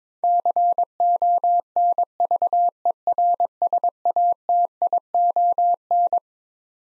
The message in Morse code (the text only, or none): CONVERSATION